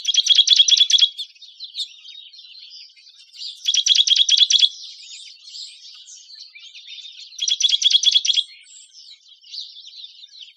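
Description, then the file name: Juniper titmouse repeating harsh, rapid chatter phrases, three strong bursts separated by quieter scratchy twittering. "JUTI 5 Deviche"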